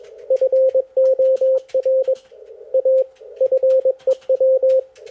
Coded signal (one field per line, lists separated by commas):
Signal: Morse code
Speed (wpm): 21 wpm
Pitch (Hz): 520 Hz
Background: none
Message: FOR A FEW